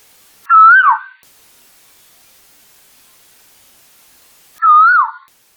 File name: eudynamys scolopacea